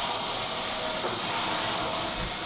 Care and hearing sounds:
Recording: daily activity, microphone in the room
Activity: vacuum cleaning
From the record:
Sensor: 5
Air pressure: 1010.3 hPa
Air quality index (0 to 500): 120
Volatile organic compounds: 2 ppm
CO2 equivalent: 1180 ppm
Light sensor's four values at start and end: 467/1185/493/547 and 466/1182/491/545

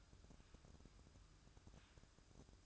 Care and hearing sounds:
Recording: daily activity, microphone in the room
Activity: take from stove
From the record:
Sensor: 2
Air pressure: 1007.8 hPa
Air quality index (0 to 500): 102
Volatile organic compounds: 1 ppm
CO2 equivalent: 766 ppm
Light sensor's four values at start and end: 7/16/7/7 and 7/16/7/7

